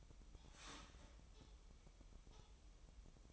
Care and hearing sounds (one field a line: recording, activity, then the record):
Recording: daily activity, microphone in the room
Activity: start toaster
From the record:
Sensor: 1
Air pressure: 988.6 hPa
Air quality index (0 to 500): 196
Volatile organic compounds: 925 ppm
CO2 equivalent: 5226 ppm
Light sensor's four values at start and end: 25/95/36/37 and 25/95/36/37